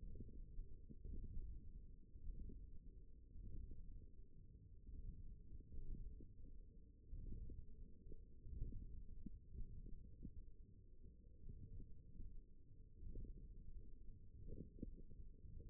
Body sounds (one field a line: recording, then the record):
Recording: forearm muscle sounds (acoustic myography)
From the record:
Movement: radial deviation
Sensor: system 1, eight BSWA MPA416 microphones around the upper forearm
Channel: 4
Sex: female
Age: 21 years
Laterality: right